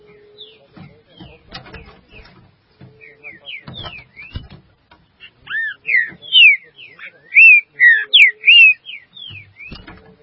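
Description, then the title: Green-winged saltator singing: soft scattered whistles and background clicks, then a loud run of rich, slurred whistled notes in the middle before it fades again. "Trinca Ferro"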